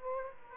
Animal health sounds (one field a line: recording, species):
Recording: mosquito wingbeat signal from an infrared sensor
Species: Aedes aegypti